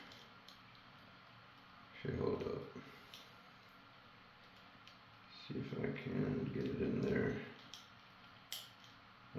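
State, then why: Seated. A small plastic shoulder armor piece on an S.H. Figuarts Mark 6 Iron Man (Battle Damaged) action figure, which kept popping out, is pushed back into the figure's shoulder. Someone talks over faint handling clicks, then a sharp snap at 8.5 s as it seats in place.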